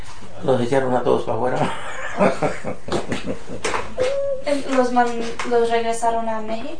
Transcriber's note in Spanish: risas